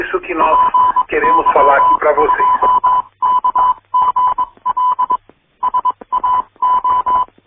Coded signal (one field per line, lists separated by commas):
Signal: Morse code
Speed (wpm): 22 wpm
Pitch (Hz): 1000 Hz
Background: speech, radio noise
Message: PY2KGL SAO